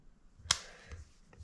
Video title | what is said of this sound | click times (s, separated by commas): HOW TO INSTALL TOPEND ON YZ85! (Part 7) | Bow, snaps right in. | 0.5 s